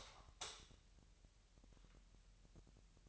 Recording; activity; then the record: daily activity, microphone in the room; light on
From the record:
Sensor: 3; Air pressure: 1001.9 hPa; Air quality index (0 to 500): 250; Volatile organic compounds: 54 ppm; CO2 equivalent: 3342 ppm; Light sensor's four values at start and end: 5/13/5/5 and 13/35/15/14